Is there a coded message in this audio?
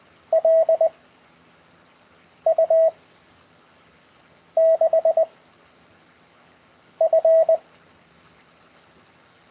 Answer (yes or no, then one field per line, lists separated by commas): yes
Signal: Morse code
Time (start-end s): 0.3-7.6 s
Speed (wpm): 20 wpm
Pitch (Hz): 650 Hz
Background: none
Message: L U 6 F